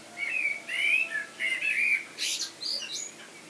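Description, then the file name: Common blackbird giving one song phrase: rich, fluted whistles followed by a short squeaky, high-pitched twittering flourish. "Turdus merula"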